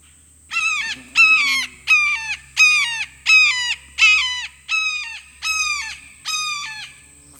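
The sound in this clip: Red-shouldered hawk repeating nine piercing, descending kee-ah screams at an even pace, roughly every three-quarters of a second, with a constant high whine behind.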